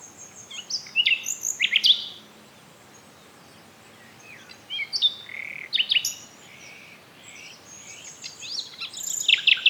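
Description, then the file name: Common nightingale song: varied bursts of whistled notes, rapid trills and clicking elements, with brief gaps between phrases and low steady background noise. "Luscinia megarhynchos"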